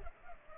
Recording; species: mosquito wingbeat signal from an infrared sensor; Culex pipiens